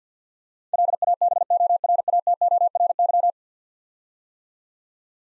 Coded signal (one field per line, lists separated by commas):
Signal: Morse code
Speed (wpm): 50 wpm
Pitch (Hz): 700 Hz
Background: none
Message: LABORATORY